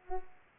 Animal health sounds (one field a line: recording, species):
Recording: mosquito wingbeat signal from an infrared sensor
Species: Culex pipiens